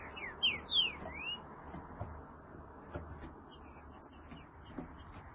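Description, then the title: Green-winged saltator song: a short burst of slurred whistles, heard over a steady rumbling background noise. "Trinca Ferro"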